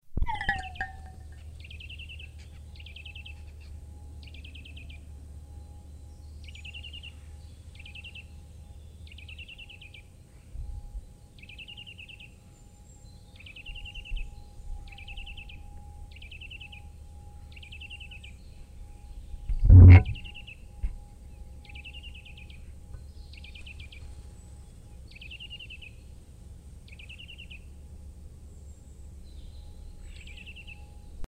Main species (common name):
Eurasian Nuthatch